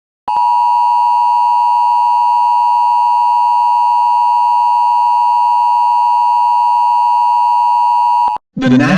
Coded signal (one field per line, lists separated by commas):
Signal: Emergency Alert System (SAME) tones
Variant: 853 and 960 Hz attention tone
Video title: Real EAS Scenario - Heat Advisory - Arkansas, Louisiana, & Mississippi